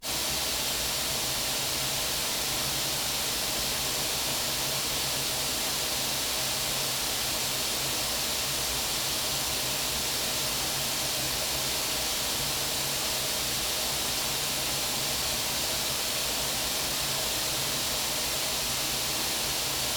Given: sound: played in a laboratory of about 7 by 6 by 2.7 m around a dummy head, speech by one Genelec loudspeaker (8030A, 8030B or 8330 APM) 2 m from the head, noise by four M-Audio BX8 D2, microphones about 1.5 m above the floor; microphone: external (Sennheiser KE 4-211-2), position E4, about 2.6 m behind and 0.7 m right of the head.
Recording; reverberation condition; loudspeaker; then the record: white noise; medium; four, about 170 cm from the corners of the room and facing them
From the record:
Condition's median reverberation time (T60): about 510 ms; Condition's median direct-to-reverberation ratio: about -0.5 dB